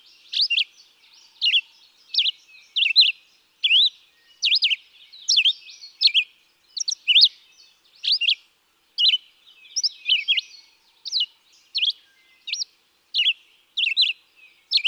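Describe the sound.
Red-eyed vireo song, a long series of brief whistled phrases, each slurred up or down, repeated tirelessly with short gaps of under a second between them.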